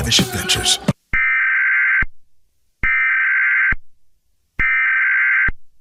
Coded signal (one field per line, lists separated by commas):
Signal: Emergency Alert System (SAME) tones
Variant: header bursts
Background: speech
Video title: United States Hantavirus Outbreak a mini EAS Scenario